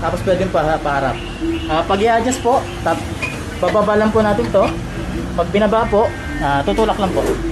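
A woman talks while adjusting the seat of a Nwow ERV2 latest-model electric tricycle/e-bike, then lowers the seat and begins pushing it down toward the seat latch on the frame. The talk continues throughout, and the seat latch has not locked into place yet by the end of the clip.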